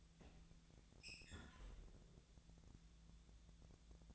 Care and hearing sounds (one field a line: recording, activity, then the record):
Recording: daily activity, microphone in the room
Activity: close fridge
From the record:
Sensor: 3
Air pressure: 1000.0 hPa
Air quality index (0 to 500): 132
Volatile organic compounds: 2 ppm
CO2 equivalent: 1172 ppm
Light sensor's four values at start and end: 38/96/41/45 and 37/95/40/44